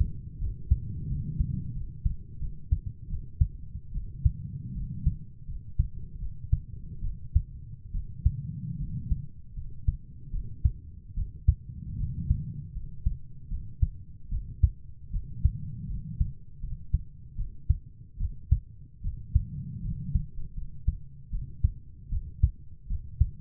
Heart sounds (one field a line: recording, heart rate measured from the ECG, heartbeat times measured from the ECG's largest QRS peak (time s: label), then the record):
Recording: heart sounds by stethoscope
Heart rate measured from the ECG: 77 bpm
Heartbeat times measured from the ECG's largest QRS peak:
0.40 s: heartbeat
1.09 s: heartbeat
1.75 s: heartbeat
2.40 s: heartbeat
3.09 s: heartbeat
3.93 s: heartbeat
4.74 s: heartbeat
5.47 s: heartbeat
6.20 s: heartbeat
7.02 s: heartbeat
7.93 s: heartbeat
8.79 s: heartbeat
9.55 s: heartbeat
10.32 s: heartbeat
11.16 s: heartbeat
11.98 s: heartbeat
12.74 s: heartbeat
13.50 s: heartbeat
14.30 s: heartbeat
15.12 s: heartbeat
15.88 s: heartbeat
16.62 s: heartbeat
17.37 s: heartbeat
18.19 s: heartbeat
19.03 s: heartbeat
19.83 s: heartbeat
20.56 s: heartbeat
21.31 s: heartbeat
22.10 s: heartbeat
22.89 s: heartbeat
From the record:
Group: healthy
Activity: cold pressor test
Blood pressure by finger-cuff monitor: 96/49 mmHg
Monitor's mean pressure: 66 mmHg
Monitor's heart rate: 78 bpm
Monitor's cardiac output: 7.5 L/min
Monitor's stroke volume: 96 mL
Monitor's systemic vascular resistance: 630 dyn s/cm5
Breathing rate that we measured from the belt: 16 breaths a minute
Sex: female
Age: 22 years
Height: 160 cm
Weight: 63 kg